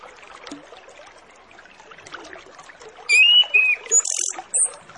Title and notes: Masteran Anis Kembang Full Isian Untuk Suara Pancingan Anis Kembang Agar Cepat Ngeplong. Suara Burung Anis Kembang